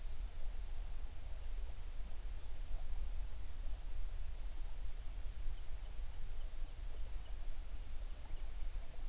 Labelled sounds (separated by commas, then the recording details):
songbird
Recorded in the Prudhoe Bay oil fields, Alaska, on 11 June 2019 at 05:25
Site 21